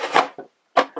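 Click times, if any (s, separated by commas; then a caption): 0.8 s. A plastic entrance ramp piece, in blue SmackDown colors, is pressed into its slot in the base of a toy WWE SmackDown wrestling entrance stage. A scraping rub and a faint tick at 0.4 seconds are followed by a sharp plastic snap at 0.8 seconds, then more rubbing. The ramp is snapped in and seated.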